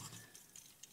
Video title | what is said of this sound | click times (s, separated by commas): Transformers Fall Of Cybertron "Optimus Prime" Video Review! | you're going to push this down until it snaps just like that | 0.8 s